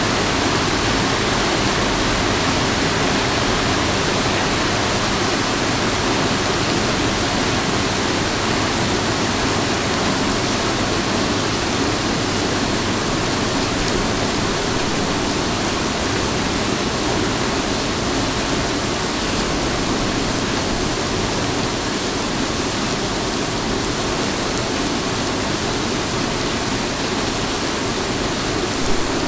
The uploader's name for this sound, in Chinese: 北方某小镇的雨声